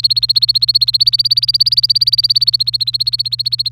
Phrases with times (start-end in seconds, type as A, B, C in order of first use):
0.00-3.69 A